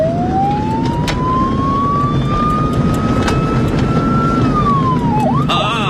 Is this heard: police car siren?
yes